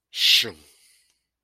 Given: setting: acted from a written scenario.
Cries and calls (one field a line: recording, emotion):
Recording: vocal sound without words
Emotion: embarrassment